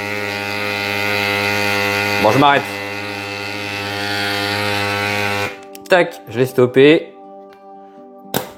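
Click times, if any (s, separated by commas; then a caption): 8.4 s. A CYCPLUS Tiny E-Pump AS2 portable electric bike pump hums steadily with a tonal motor drone until it is stopped at about 5.5 s, after which someone talks. The hose/valve connector is then fitted onto the pump, and one sharp, short click at 8.4 s confirms it has snapped into place and holds.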